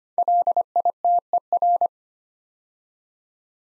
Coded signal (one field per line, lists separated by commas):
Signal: Morse code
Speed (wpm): 25 wpm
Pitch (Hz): 700 Hz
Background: none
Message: LITER